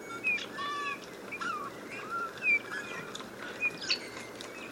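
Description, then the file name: Eurasian bullfinch producing several mellow whistled notes, some falling in pitch, amid chirping from other songbirds. "Pyrrhula pyrrhula"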